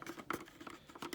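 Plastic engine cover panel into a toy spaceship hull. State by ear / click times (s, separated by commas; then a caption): not seated / none. The larger plastic cover panel on the left engine of a large plastic toy spaceship is pressed into place, making only light, faint plastic taps and rustles, with the sharpest tap near 0.3 s. The panel has not snapped in or clicked and just sits there loosely.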